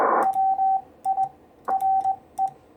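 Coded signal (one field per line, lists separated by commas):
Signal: Morse code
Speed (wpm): 20 wpm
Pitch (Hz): 770 Hz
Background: radio noise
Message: WIRE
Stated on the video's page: 40m amateur CW QSO via a 6-foot-high end-fed half-wave with 81:1 unun, 10 W rising to 100 W, weak signals around 579-589.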